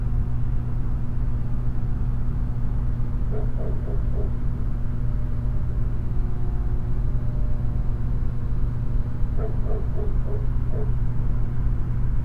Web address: boom library Urban and Suburban. Suburban din night electric hum dogs bark